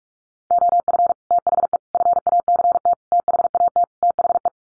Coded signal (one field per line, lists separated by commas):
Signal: Morse code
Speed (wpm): 44 wpm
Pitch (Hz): 700 Hz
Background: none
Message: OF THE FACT THAT THE